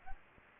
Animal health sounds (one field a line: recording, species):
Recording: mosquito wingbeat signal from an infrared sensor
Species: Aedes aegypti